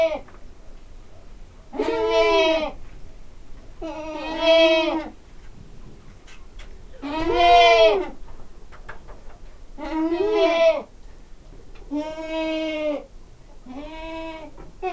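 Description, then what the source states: Goat bleats, six nasal quavering cries with quiet pauses between, some shorter than others. Domestic goat bleating in a farmyard.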